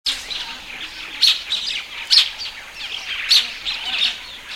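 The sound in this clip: Spot-winged starling calls: a few loud, sharp chirps among softer chattering notes.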